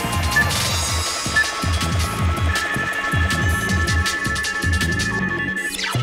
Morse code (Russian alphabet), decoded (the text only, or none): none